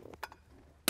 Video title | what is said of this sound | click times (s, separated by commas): Gen2.1 Ford 6.7L Power Stroke CP4 Disaster Prevention Kit Installation | so go ahead and snap it down in | 0.9 s